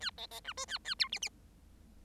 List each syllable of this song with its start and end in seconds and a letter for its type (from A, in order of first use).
0.00-0.10 A, 0.17-0.27 B, 0.31-0.40 B, 0.44-0.53 C, 0.57-0.65 D, 0.67-0.78 A, 0.84-0.95 A, 0.99-1.08 E, 1.12-1.19 F, 1.22-1.29 F